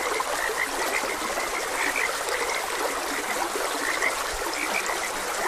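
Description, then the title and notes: Frogs give sparse high chirps in loose bursts while a stream trickles steadily underneath. Frogs croaking beside a gentle stream. "Gentle Stream and Frogs Croaking. Sleep and Relaxation Podcast"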